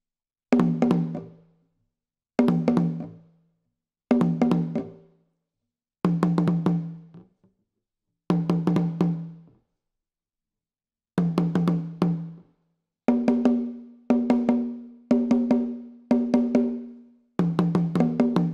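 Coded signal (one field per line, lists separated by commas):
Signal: talking drum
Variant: Akan atumpan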